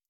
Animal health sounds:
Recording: hydrophone in a shrimp aquaculture tank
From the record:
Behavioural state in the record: starved

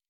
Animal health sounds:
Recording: hydrophone in a shrimp aquaculture tank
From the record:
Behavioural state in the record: normal

